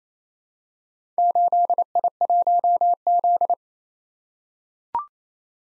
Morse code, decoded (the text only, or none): 8I1Z